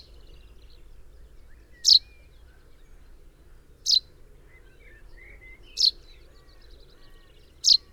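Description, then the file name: Common chaffinch calls, short sharp high notes repeated about every two seconds, four in all, over a faint low rumble. "Fringilla coelebs"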